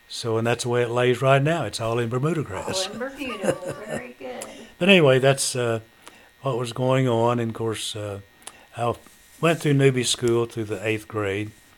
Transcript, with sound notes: So, and that's the way it lays right now, it's all in Bermuda Grass. (Chuckling)
All in Bermuda, well very good.
But anyway, that's what was going on and of course I went to Newby school through the eighth grade.